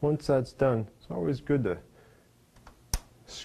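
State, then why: Seated. Someone talks while the tabs of a cap hoop, snapped onto the cap driver of a Toyota ESP 9100 embroidery machine, are squeezed to make sure they are firmly seated. After a quiet pause, a sharp, brief click is heard at 2.9 seconds as the tabs go into place, and the hoop is seated.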